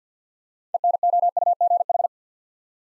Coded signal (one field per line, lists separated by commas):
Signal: Morse code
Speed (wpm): 49 wpm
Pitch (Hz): 700 Hz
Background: none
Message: ENOUGH